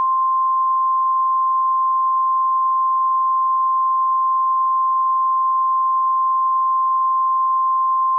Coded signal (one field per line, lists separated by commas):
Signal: Emergency Alert System (SAME) tones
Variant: 1050 Hz attention tone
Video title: EAS Severe Thunderstorm Warning (KY, OH, and WV Counties)